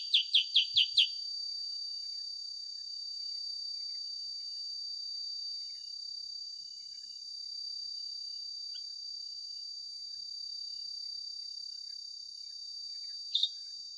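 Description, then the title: Sooty-headed bulbul giving a fast burst of five bright chips, then a long quiet stretch under a steady high insect drone before a final double note. Original sound of a sooty-headed bulbul (kutilang sutra), used as a master recording for training songbirds and suited as a lure to prompt birds to sing. "Masteran Kutilang Sutra. SUARA ASLI KUTILANG SUTRA COCOK UNTUK PANCINGAN"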